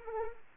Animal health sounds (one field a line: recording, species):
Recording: mosquito wingbeat signal from an infrared sensor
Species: Anopheles arabiensis